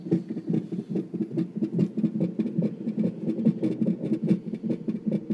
Just this heartbeat sound she recorded on her cell phone. Baby's heart's beat super, super fast, so it sounds like a rabbit or something.